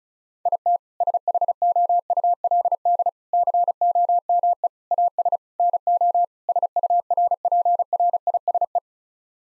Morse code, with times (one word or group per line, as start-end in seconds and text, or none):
0.5-0.8 IT
1.0-3.1 SHOULD
3.3-4.7 COME
4.9-5.4 AS
5.6-6.2 NO
6.5-8.8 SURPRISE